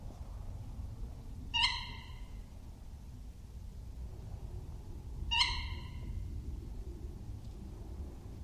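Tawny owl uttering two piercing, harsh call notes roughly four seconds apart against a soft low background hum.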